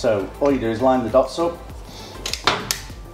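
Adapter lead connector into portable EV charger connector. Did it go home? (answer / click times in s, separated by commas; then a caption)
yes / 2.7 s. Someone talks as a plastic adapter lead connector is lined up by its alignment dots and pushed onto the connector of a Juice Booster 2 portable 22kW EV charger. Short plastic knocks and scrapes at about 2.3 and 2.5 seconds lead to a sharp click at 2.7 seconds as the connector locks in place. The click means the joint is seated and IP67 waterproof.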